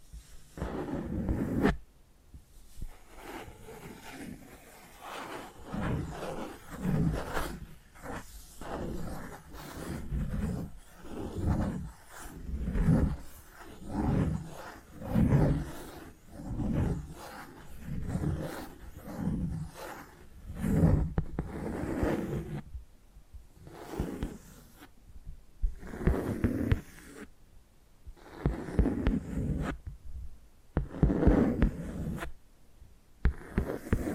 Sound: ASMR Hypnotic Tapping and Scratching Sounds